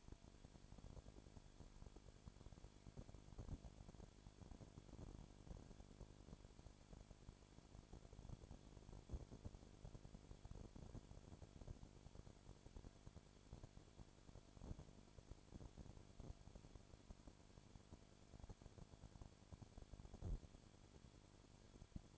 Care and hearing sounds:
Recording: daily activity, microphone in the room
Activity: no activity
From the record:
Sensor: 5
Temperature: 20.2 degrees Celsius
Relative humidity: 36.5%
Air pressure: 1001.2 hPa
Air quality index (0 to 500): 176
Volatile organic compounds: 4 ppm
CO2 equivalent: 1609 ppm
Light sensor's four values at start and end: 2/3/1/1 and 2/3/1/1

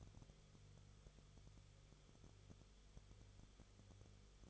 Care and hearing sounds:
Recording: daily activity, microphone in the room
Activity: no activity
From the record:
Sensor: 4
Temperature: 22.9 degrees Celsius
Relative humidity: 34.4%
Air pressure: 1011.5 hPa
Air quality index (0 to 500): 193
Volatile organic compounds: 13 ppm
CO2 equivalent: 2386 ppm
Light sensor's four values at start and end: 2/3/1/1 and 2/3/1/1

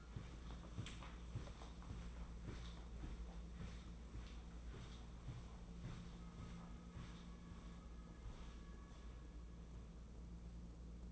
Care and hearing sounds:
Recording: daily activity, microphone in the room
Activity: walk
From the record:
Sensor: 1

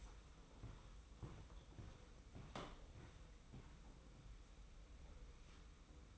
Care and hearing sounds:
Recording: daily activity, microphone in the room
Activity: walk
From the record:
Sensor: 1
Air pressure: 990.7 hPa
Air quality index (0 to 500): 151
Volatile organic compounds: 1000 ppm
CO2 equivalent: 5467 ppm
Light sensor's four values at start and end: 25/58/24/27 and 26/61/26/28

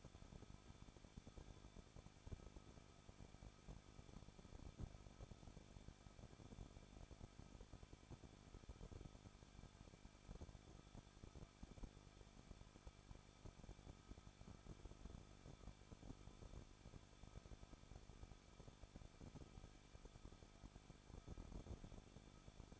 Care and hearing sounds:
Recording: daily activity, microphone in the room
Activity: no activity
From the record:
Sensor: 5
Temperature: 20.8 degrees Celsius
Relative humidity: 38.3%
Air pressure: 1006.4 hPa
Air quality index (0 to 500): 190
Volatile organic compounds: 19 ppm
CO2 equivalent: 2672 ppm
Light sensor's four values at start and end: 2/3/1/1 and 2/3/1/1

